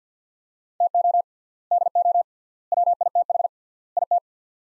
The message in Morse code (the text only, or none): TO DO WITH IT